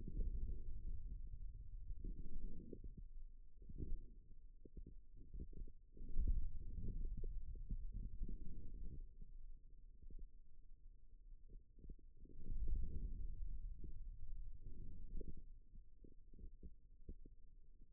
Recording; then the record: forearm muscle sounds (acoustic myography)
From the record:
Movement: radial deviation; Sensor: system 2, bracelet of six BSWA MPA416 microphones around the upper forearm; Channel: 1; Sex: male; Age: 22 years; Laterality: right